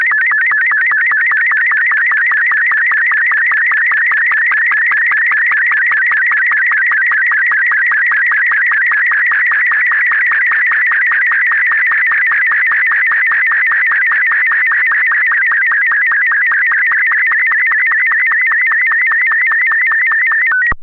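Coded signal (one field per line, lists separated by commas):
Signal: SSTV (slow-scan television)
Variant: Robot 24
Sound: warbling, buzzy tone shifting quickly in pitch, with rapid rhythmic ticks several times a second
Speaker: is Vooralsnog de enige mogelijkheid voor mij om een plaatje ook geen kleur te kunnen uitzenden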